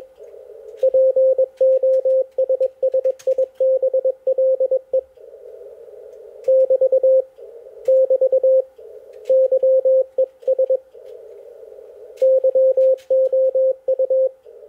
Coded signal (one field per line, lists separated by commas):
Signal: Morse code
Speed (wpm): 21 wpm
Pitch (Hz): 520 Hz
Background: radio noise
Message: POSSIBLE <BT> <BT> YES YOU